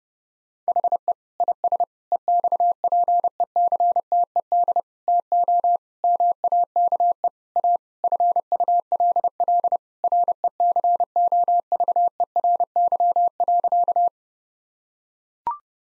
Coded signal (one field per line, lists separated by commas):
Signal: Morse code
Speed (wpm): 32 wpm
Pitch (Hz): 700 Hz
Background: none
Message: HE IS EXPECTED TO MAKE A FULL RECOVERY.